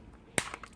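A release button on a drone's modular battery is pressed, and the front plastic section of the battery snaps off with a sharp click at 0.4 s. Softer clicks and rattles follow. The front module comes off the battery pack.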